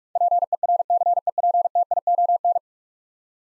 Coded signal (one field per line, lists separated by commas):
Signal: Morse code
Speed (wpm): 46 wpm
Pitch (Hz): 700 Hz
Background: none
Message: PERCEPTION